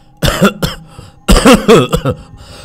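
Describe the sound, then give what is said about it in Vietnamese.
An old man, drinking from a cup, chokes on the water and coughs in harsh, sputtering bursts: two short coughs, then a pause and a louder strained cluster of gasping, choking coughs. “nghe thấy nó nói thế thì ho sù sụ, sặc nước cả lên mũi.”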